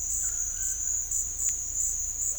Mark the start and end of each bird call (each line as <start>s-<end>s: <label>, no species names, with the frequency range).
0.19s-1.09s: bird call (1.0-1.9 kHz)